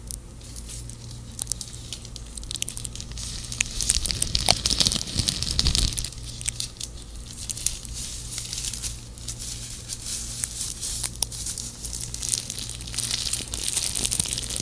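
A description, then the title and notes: Stickers, tape and gloves rustle and crinkle throughout, with a steady hiss of crisp, bright crackling and frequent small sharp clicks and peels. Between about four and six seconds a louder, lower rubbing or crumpling passage swells up, then the lighter crinkling resumes over a faint low hum. ASMR | stickers + tape + gloves (no talking).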